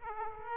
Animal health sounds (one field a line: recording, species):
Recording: mosquito wingbeat signal from an infrared sensor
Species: Aedes aegypti